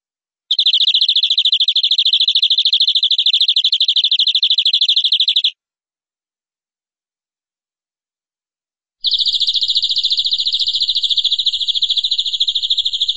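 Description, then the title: Canary song in two long, dense, buzzy high trills separated by a silent gap of several seconds, with faint low thumps during the second trill. "Suara Kenari"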